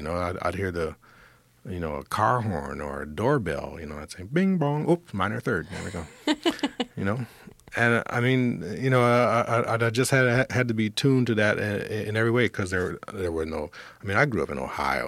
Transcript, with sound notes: You know, I'd hear the - a car horn or a doorbell. You know, I'd say bing-bong - ope - minor third. There we go. (Laughter) You know? And I mean, you know, I just had to be tuned to that in every way 'cause there were no - I mean, I grew up in Ohio.